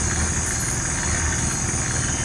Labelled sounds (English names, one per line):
none